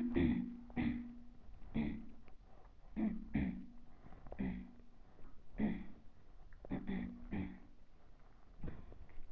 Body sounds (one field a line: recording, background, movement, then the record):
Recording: throat clearing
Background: quiet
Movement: sitting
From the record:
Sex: female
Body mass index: 22.6 kg/m2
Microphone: on the chest, facing the body